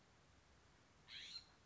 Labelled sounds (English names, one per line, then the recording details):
California Scrub-Jay
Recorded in Sonoma County, California